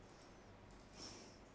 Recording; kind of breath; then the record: one breath in and out by a microphone near the nose and mouth; normal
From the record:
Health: marked as sick, illness not named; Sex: female